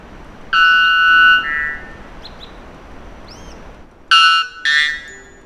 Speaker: noise, or rather song, of the bellbird is the loudest ever documented bird call, when the volume isn't turned down for podcast purposes.